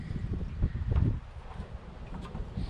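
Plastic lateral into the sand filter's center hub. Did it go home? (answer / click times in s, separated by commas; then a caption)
no / none. The last plastic lateral is held and its tabs are lined up with the tabs on the sand filter's center hub, before it is pushed in and turned clockwise to lock. Low rumbling, wind-like handling noise swells between about 0.6 and 1.2 s, then settles into a quieter hiss. Nothing has seated or clicked yet.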